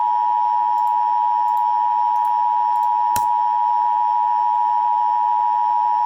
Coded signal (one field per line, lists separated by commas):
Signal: Emergency Alert System (SAME) tones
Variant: 853 and 960 Hz attention tone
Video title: EAS 3433 OH Amber Alert